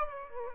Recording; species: mosquito wingbeat signal from an infrared sensor; Aedes aegypti